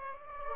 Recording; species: mosquito wingbeat signal from an infrared sensor; Aedes aegypti